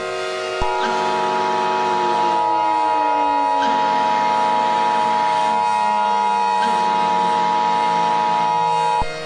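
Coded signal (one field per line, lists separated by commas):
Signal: Emergency Alert System (SAME) tones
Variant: 853 and 960 Hz attention tone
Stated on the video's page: Fan-made EAS scenario, a mock alert.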